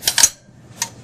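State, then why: Seated. A CPU heat sink is set back on the CPU, and its latching mechanism is wrapped around and pushed down onto the motherboard retention bracket. A cluster of sharp, bright metallic clicks comes near the start, then a single crisp snap at 0.8 s. The latch clicks into place and the heat sink is seated.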